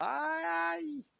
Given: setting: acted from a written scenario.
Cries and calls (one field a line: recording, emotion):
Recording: vocal sound without words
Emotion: pain